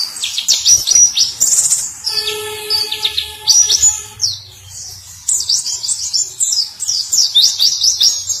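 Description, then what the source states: White-eye song: rapid, very high twittering with down-slurred notes; a steady, lower tonal hum sounds in the middle seconds. Long, melodious song.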